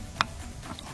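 On a Kia XCeed, the release lever on the removable steel tow-ball locking mechanism in the car's hitch receiver is pushed, and a single sharp click sounds at 0.2 s, followed by a much fainter tick near 0.8 s. The mechanism is released: the rotating part springs out and the indicator changes from green to black.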